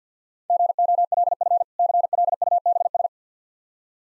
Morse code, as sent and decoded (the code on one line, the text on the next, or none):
--. --- .-.. ..-. / -.-. .-.. ..- -... ...
GOLF CLUBS